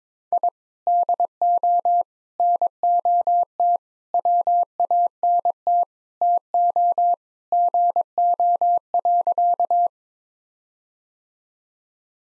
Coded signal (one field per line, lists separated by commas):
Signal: Morse code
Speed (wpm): 22 wpm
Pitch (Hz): 700 Hz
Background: none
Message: I DO NOT WANT TO GO.